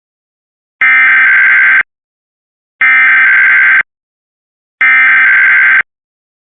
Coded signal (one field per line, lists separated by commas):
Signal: Emergency Alert System (SAME) tones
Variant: header bursts